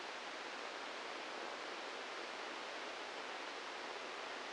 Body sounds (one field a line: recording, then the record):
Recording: brain microelectrode recording played as sound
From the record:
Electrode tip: inside the subthalamic nucleus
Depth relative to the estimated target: 2 mm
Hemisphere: right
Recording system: NeuroSet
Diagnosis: Parkinson's disease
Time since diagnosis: 15 years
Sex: female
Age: 59 years